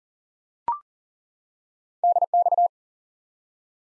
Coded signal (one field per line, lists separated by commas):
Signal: Morse code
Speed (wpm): 39 wpm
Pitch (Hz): 700 Hz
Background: none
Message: DX